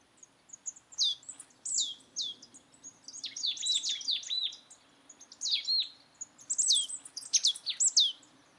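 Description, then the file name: Marsh tit calls, a series of high, sharp descending chirps given in bursts, some in quick clusters, with a faint low hum underneath. "Poecile palustris"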